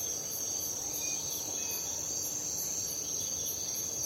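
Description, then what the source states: Crickets chirping, a steady high shrill trill with regular pulses over a constant hiss. Crickets at night.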